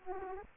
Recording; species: mosquito wingbeat signal from an infrared sensor; Aedes aegypti